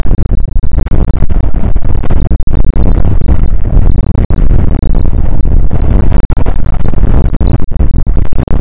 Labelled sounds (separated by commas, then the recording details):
wind
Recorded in the Prudhoe Bay oil fields, Alaska, on 29 May 2019 at 00:05
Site 25